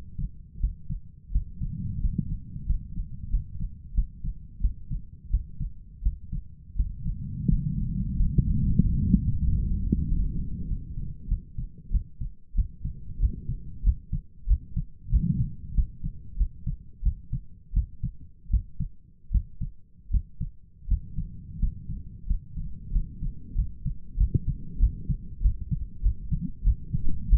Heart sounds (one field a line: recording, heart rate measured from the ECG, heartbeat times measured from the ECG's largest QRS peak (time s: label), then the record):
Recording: heart sounds by stethoscope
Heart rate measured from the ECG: 90 bpm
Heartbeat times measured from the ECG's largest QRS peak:
0.60 s: heartbeat
1.31 s: heartbeat
2.00 s: heartbeat
2.66 s: heartbeat
3.30 s: heartbeat
3.94 s: heartbeat
4.61 s: heartbeat
5.30 s: heartbeat
6.02 s: heartbeat
6.76 s: heartbeat
7.48 s: heartbeat
8.16 s: heartbeat
8.81 s: heartbeat
9.43 s: heartbeat
10.06 s: heartbeat
10.68 s: heartbeat
11.28 s: heartbeat
11.91 s: heartbeat
12.55 s: heartbeat
13.19 s: heartbeat
13.83 s: heartbeat
14.47 s: heartbeat
15.10 s: heartbeat
15.74 s: heartbeat
16.37 s: heartbeat
17.03 s: heartbeat
17.73 s: heartbeat
18.50 s: heartbeat
19.31 s: heartbeat
20.11 s: heartbeat
20.88 s: heartbeat
21.59 s: heartbeat
22.27 s: heartbeat
22.92 s: heartbeat
23.55 s: heartbeat
24.17 s: heartbeat
24.79 s: heartbeat
25.41 s: heartbeat
26.02 s: heartbeat
26.63 s: heartbeat
27.29 s: heartbeat
From the record:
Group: healthy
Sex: male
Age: 23 years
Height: 179 cm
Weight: 87 kg